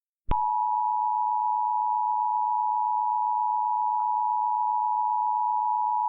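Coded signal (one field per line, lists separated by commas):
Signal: Emergency Alert System (SAME) tones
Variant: 853 and 960 Hz attention tone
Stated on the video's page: Mock, simulated EAS tornado emergency alert.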